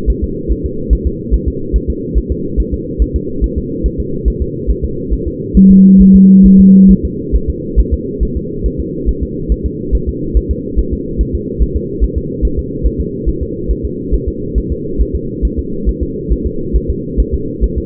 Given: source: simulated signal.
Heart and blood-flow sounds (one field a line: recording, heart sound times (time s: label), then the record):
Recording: fetal heart sounds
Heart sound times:
0.10 s: S1
0.24 s: S2
0.52 s: S1
0.66 s: S2
0.93 s: S1
1.07 s: S2
1.34 s: S1
1.48 s: S2
1.76 s: S1
1.90 s: S2
2.18 s: S1
2.32 s: S2
2.60 s: S1
2.74 s: S2
3.02 s: S1
3.16 s: S2
3.44 s: S1
3.58 s: S2
3.86 s: S1
4.00 s: S2
4.28 s: S1
4.42 s: S2
4.70 s: S1
4.84 s: S2
5.13 s: S1
5.28 s: S2
5.57 s: S1
5.71 s: S2
6.01 s: S1
6.16 s: S2
6.46 s: S1
6.60 s: S2
6.91 s: S1
7.05 s: S2
7.36 s: S1
7.50 s: S2
7.80 s: S1
7.94 s: S2
8.23 s: S1
8.37 s: S2
8.66 s: S1
8.80 s: S2
9.09 s: S1
9.23 s: S2
9.52 s: S1
9.66 s: S2
9.95 s: S1
10.09 s: S2
10.37 s: S1
10.51 s: S2
10.79 s: S1
10.93 s: S2
11.21 s: S1
11.35 s: S2
11.62 s: S1
11.76 s: S2
12.04 s: S1
12.18 s: S2
12.45 s: S1
12.59 s: S2
12.87 s: S1
13.00 s: S2
13.29 s: S1
13.43 s: S2
13.71 s: S1
13.85 s: S2
14.14 s: S1
14.28 s: S2
14.58 s: S1
14.72 s: S2
15.01 s: S1
15.16 s: S2
15.45 s: S1
15.59 s: S2
15.89 s: S1
16.03 s: S2
16.32 s: S1
16.47 s: S2
16.76 s: S1
16.90 s: S2
17.20 s: S1
17.34 s: S2
17.64 s: S1
17.78 s: S2
From the record:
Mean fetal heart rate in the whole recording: 140 bpm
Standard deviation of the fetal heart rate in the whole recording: 2 bpm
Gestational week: 34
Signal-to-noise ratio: -6.6 dB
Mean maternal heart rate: 72 bpm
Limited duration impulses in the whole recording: present